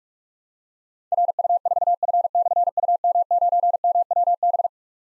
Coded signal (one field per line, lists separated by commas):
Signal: Morse code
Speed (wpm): 44 wpm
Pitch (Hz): 700 Hz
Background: none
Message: RU4F/UM9MWB